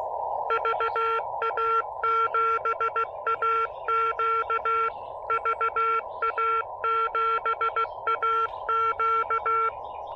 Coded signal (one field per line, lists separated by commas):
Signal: Morse code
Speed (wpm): 16 wpm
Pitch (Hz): 1360 Hz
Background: none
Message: VA7AQ VA7AQ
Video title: Drive-Up Summit with Spectacular Views: A quick SOTA & POTA combo activation on Dogback Mountain!